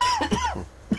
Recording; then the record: coughing mixed with background sound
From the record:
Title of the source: Dry Coughing Fit in the Afternoon.